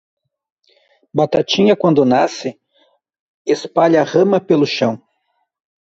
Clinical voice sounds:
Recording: short text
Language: Brazilian Portuguese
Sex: male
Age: 50 to 59 years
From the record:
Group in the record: control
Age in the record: 51 years

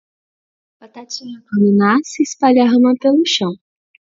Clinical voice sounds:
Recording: short text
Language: Brazilian Portuguese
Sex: male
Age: 40 to 49 years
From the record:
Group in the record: control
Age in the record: 42 years

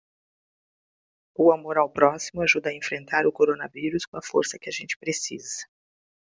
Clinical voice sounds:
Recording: spoken sentence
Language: Brazilian Portuguese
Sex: female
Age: 40 to 49 years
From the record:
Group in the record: control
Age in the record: 46 years

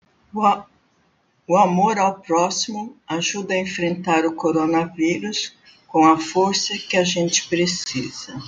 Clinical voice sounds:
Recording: spoken sentence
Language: Brazilian Portuguese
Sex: female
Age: 60 to 69 years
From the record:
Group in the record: control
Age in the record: 63 years

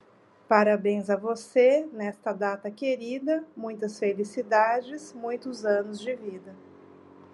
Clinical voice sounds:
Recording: short text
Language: Brazilian Portuguese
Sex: female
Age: 40 to 49 years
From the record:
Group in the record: control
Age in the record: 45 years

